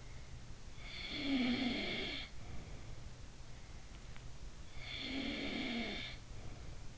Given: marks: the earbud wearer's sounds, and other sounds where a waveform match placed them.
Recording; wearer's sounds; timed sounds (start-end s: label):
sounds in sleep by an in-ear microphone; snoring breath
0.18-2.98 s: snoring breath
4.24-6.98 s: snoring breath